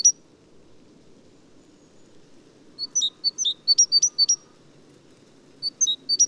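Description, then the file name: Great tit: a single high note, a quiet gap, then a quick, uneven cluster of high, sharp, metallic notes and a short second burst near the end; low steady noise underneath. "gtit major"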